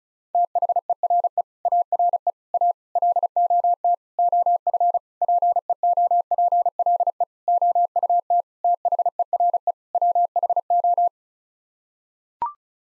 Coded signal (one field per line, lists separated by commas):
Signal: Morse code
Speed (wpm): 36 wpm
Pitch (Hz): 700 Hz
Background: none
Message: THERE ARE A LOT OF PEOPLE OUT THERE WHO